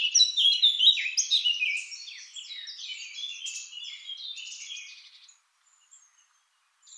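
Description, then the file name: Eurasian blackcap song: a fast, rich warble of varied scratchy and fluty notes for about five seconds, then near silence with a faint note at the end. "Sylvia atricapilla"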